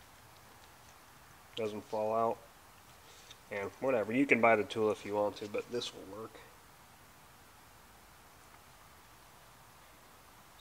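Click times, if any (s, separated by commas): none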